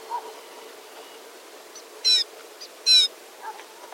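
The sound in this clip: Rufous-necked snowfinch with two quick, bright, high chirps close together in the middle, and a few soft faint ticks around them.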